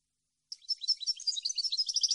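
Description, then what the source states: European goldfinch giving a steady, fast stream of bright, high twittering and tinkling notes after a short silence. Clean, noise-free goldfinch song issued on a CD, intended as a model for birds to copy.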